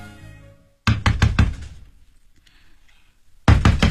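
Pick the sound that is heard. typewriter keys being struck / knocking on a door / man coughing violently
knocking on a door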